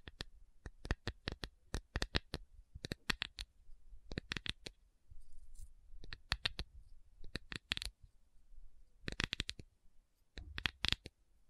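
Crisp, bright tapping comes in quick bursts of clicks, separated by short pauses. The taps are dense and rapid through the first few seconds, then gather into tighter clusters around the fourth, sixth, eighth, ninth and eleventh seconds, with faint scratchy rustling between.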